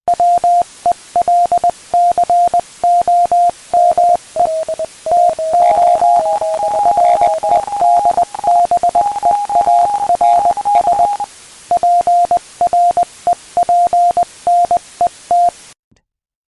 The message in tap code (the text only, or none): none